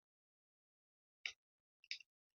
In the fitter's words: Yeah. Just locks into the grooves on the wings